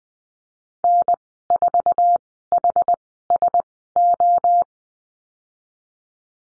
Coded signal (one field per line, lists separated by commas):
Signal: Morse code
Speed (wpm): 20 wpm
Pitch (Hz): 700 Hz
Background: none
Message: N4HSO